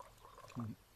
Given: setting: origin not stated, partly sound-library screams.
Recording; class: one-second piece from a danger detection set; normal situation